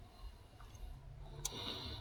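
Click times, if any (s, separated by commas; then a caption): none. A plastic fuel return line connector is pushed back onto the return port of a diesel injector on an MK6 Ford Transit 2.2 TDCI Nugget, after removal of a faulty remanufactured injector. Over a steady low hum, there is a faint knock at about 0.6 s and a brief sharp tick at about 1.5 s. The connector does not lock into place, and nothing has seated or clicked.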